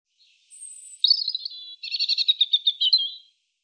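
European robin song, a single phrase: a faint high whistle, a thin sustained note, then a rapid rattling run of bright, jumbled notes.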